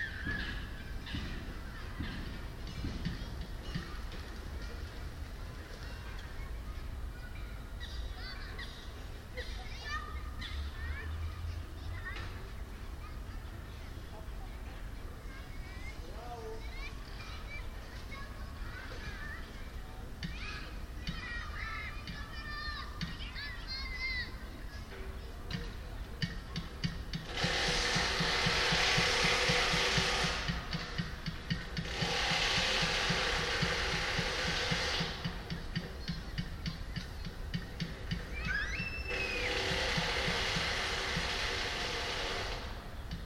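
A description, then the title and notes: Atmosphere at a country estate, with a steady low rumble and occasional voices. From about 27 seconds, bursts of louder hissing noise come and go in three waves, each lasting several seconds, over the continuing background hum. Buitenplaats Oostduin Den Haag. General atmosphere in Buitenplaats Oostduin.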